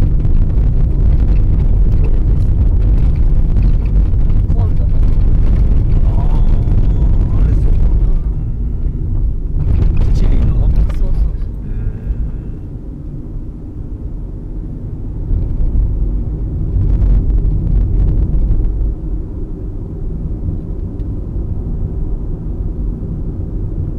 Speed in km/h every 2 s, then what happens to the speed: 28, 23, 23, 26, 27, 24, 29, 34, 36, 37, 37, 37.
0-10 steady at about 24. 10-15 speeds up to 36. 15-24 steady at about 37.